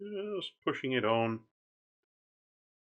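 A plastic retaining hub piece is being pushed onto the back of a model aircraft wheel that holds a sponge tire. Someone talks during the first 1.5 seconds, and silence follows. Nothing has seated or clicked yet.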